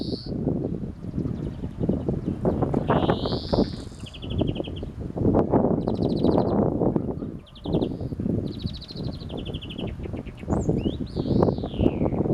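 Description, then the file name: European greenfinch calling with quick trilled twitters and a rising nasal wheeze, partly masked by loud low rumbling noise. "Chloris chloris"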